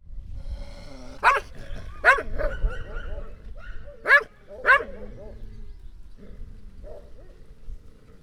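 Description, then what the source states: Dog giving four loud barks, then a few softer sounds. Village dogs in a hamlet in Laâssilat, Morocco, tied up, barking and growling in front of a house.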